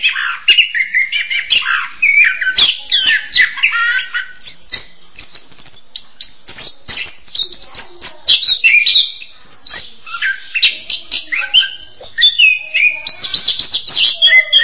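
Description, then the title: Bird song, an energetic, continuous medley of high chirps, whistles and rapid trills, with sliding notes and scratchy clicks throughout. "kikicau"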